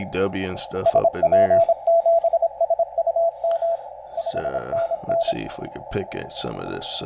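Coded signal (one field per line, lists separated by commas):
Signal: Morse code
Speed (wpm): 26 wpm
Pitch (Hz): 670 Hz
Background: speech, radio noise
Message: SP7SUM 5NN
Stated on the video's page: CW received with an RTL-SDR dongle and HDSDR.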